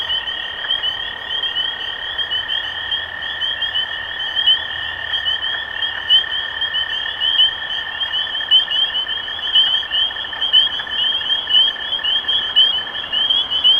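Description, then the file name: Many spring peepers calling together, sharp rising peeps throughout, over a continuous lower trill that stops near the end. Recorded 23 March 2012. "Peepers-2012-0323"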